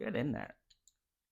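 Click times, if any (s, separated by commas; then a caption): 0.7 s, 0.9 s. Someone talks while a crimped terminal is pushed into a five-pin relay socket for an EV conversion inverter relay wire harness. After the talking stops, two short, faint clicks are heard at 0.7 s and 0.9 s. The terminal clicks in and is seated in the socket.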